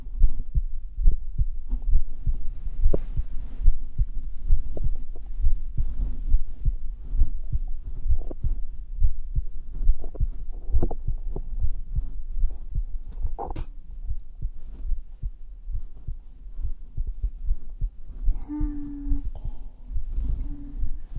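An adult's normal heartbeat, recorded on bare chest skin with a Kuro 3Dio binaural microphone, at about 69 beats per minute.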